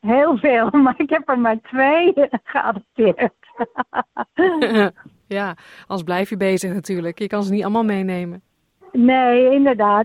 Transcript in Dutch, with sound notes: Heel veel, maar ik heb er maar twee geadopteerd. [lacht] Ja, anders blijf je bezig natuurlijk. Je kan ze niet allemaal meenemen. Nee, inderdaad.